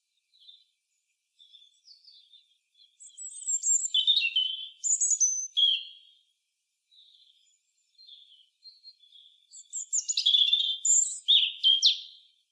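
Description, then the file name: European robin singing: soft scattered high notes build into loud, varied phrases of wavering and sliding tones, a quieter gap, then another rich, tumbling phrase. "Erithacus rubecula"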